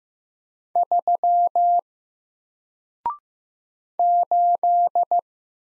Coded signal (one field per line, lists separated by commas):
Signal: Morse code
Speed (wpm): 15 wpm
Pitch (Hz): 700 Hz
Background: none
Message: 3 8